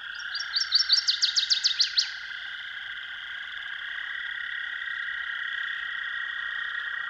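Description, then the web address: Northern waterthrush sings one loud, quickening phrase of ringing falling notes for about two seconds, then several seconds of continuous droning background follow. "Dan Gibson's Solitudes Songbirds Northern Waterthrush"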